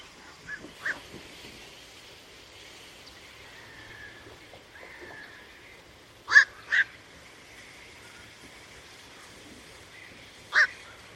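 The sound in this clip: Bird uttering short, harsh honking notes, a pair in quick succession then a single one several seconds later, with softer calls and steady background hiss.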